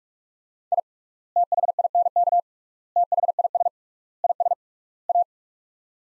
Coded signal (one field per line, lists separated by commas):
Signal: Morse code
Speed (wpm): 46 wpm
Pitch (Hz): 700 Hz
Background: none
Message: I THINK THIS IS A